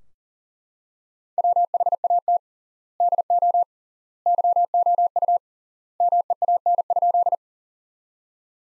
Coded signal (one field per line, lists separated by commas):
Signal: Morse code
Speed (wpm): 40 wpm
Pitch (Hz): 700 Hz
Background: none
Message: WHAT DO YOU MEAN?